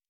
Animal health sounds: hydrophone in a shrimp aquaculture tank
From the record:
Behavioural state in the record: normal

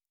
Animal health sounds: hydrophone in a shrimp aquaculture tank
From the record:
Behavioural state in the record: normal

